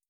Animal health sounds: hydrophone in a shrimp aquaculture tank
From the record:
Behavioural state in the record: feeding

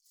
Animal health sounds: hydrophone in a shrimp aquaculture tank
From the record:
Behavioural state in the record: feeding

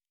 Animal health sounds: hydrophone in a shrimp aquaculture tank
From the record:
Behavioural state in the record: normal

